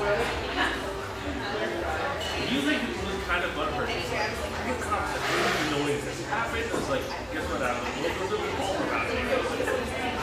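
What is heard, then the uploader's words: Espresso joint murmur: many overlapping voices talking at once, a steady dense chatter with no single speaker standing out. Occasional brighter clinks and a brief louder hiss around the middle rise above the crowd, and the overall level stays even throughout. Murmur of this bright, airy espresso joint in the North Beach neighborhood of one of America's best third-wave coffee cities.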